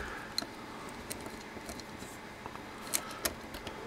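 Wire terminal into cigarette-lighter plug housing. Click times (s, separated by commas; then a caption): 2.9 s, 3.3 s. A wire terminal is pressed by hand, with some force, into a plastic 12 V cigarette-lighter plug housing. Over a low steady background with a few small taps, two sharp clicks sound at 3.0 s and 3.3 s as the terminal seats in the plug.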